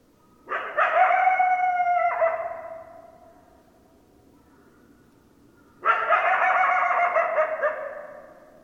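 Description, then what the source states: Coyote calls: two long harmonic notes separated by a quiet gap of a few seconds. Coyotes, 10 December 2012.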